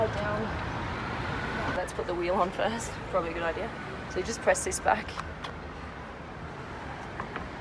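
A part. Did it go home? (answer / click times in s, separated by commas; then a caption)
no / none. A removable steering wheel is being fitted onto the quick-release hub on the steering column, with the release pressed back, while someone talks over a steady background hum. A few short knocks sound near 7.2 and 7.4 seconds, but the wheel has not yet been pushed all the way down and nothing has seated or locked yet.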